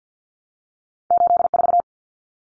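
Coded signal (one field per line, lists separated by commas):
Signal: Morse code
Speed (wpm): 51 wpm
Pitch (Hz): 700 Hz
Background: none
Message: 84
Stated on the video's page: Head-copy drill of two-digit numbers at 50 wpm, each sent in Morse, spoken, then sent again.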